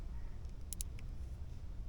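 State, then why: Seated. A microSD card is pushed chip-first, chip side up, into the spring-loaded card slot of a 70Mai Dashcam Pro Plus main unit. Two sharp clicks at 0.7 s and 0.8 s, followed by a fainter tick at 1.0 s, sound over a low background hum. The card seats and latches in the slot.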